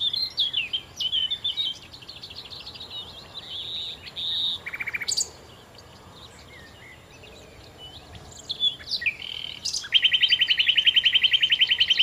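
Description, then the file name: Common nightingale song: quick repeated high notes, a buzzy low trill, a pause, a few notes, then a long, even series of rapid pulsed notes to the end. "Nachtigall"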